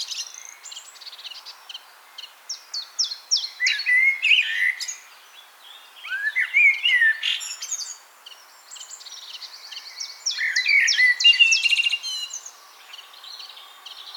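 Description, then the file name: Common blackbird song of rapid high scratchy twittering mixed with brief fluty whistles in three bursts separated by short quiet gaps, over light background hiss. "Turdus merula"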